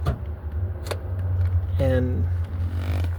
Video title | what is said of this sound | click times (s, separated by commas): How to Open the Hood on a Chevy Silverado 2007 - 2014 - Quick & Easy Tutorial | and you should hear like a click or pop as you pull it. | 0.9 s